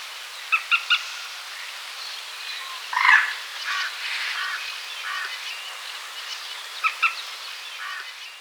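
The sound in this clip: Common moorhen calls: short, harsh clucking notes in a quick run, a louder croaking burst midway, then spaced single notes and a few more sharp clucks near the end.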